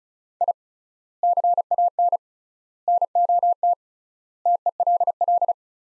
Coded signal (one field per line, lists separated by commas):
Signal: Morse code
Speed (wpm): 34 wpm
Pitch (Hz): 700 Hz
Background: none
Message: I CAN NOT TELL